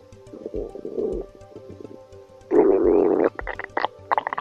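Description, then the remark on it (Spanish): A hungry stomach growls in a series of gurgling rumbles, starting with soft low burbles and swelling into a louder, drawn-out churning gurgle, followed by a few short bubbly pops. “¿Qué vergüenza se pasa cuando estamos en un lugar silencioso y rodeado de gente y de repente nuestro estómago empieza a rugir?”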